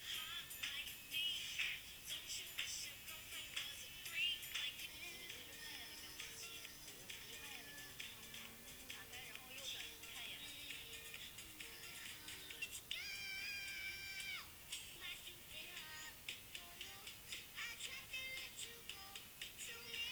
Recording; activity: daily activity, guitar pickup as the sensor; browse video